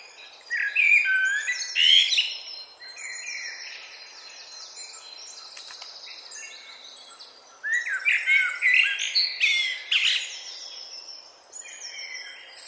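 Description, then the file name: Common blackbird song in two long phrases, mellow whistles running into dense high chattering twitters, separated by several seconds of quiet background hiss. "Turdus merula"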